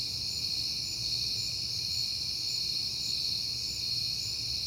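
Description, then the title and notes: Crickets in an even, shrill chorus that never pauses, with quiet low-pitched rumbling underneath. Crickets recorded outdoors on a peaceful night in September. "Night Time: Crickets and Passing Cars. It is September and I have been hearing the crickets a lot, but finally had a peaceful night to make the recording"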